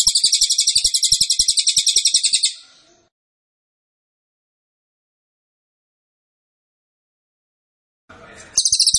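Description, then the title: Cililin song: a loud, high, buzzy trill of rapid notes that trails off, a long silence, then a brief soft noise before the trill resumes near the end. Training (masteran) recording meant for teaching songbirds. "Cililin AMPUH"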